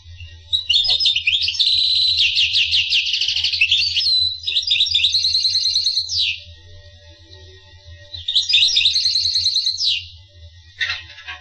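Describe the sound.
Finch song: a long phrase of fast high trills and chattering, a pause, then a shorter phrase, with a short sweeping note at the end.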